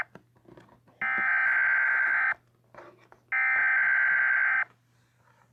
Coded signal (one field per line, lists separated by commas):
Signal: Emergency Alert System (SAME) tones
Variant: header bursts